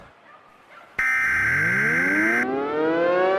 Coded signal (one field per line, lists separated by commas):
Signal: Emergency Alert System (SAME) tones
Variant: header bursts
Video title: An EAS Scenario: Godzilla 2014